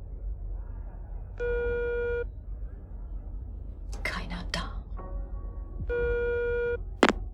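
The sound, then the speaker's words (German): A telephone ringback tone sounds twice, each a steady buzzy electronic tone lasting about a second, with a short burst of line noise and clicks between the rings over a low background hum. “Nele, Mädchen, ich hab schon gedacht, du bist nicht da. Doch, es dauert nur ein bisschen, bis ich am Telefon bin”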